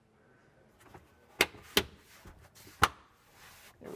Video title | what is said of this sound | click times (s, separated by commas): Mercedes-Benz W205 Tail Light Replacement DIY (C300, C400, C450 AMG, C63 AMG S) | we are able to hear everything pop into place so i'm happy with that | 1.4 s, 1.8 s, 2.8 s